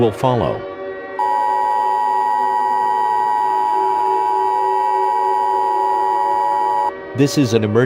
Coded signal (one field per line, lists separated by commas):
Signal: Emergency Alert System (SAME) tones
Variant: 853 and 960 Hz attention tone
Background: speech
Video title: EAS Scenario - The Virus of Nazi Element (MY FIRST EVER SCENARIO, FEEDBACK IS APPRECIATED)